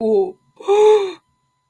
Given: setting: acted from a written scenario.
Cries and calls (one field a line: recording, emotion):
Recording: vocal sound without words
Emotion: negative surprise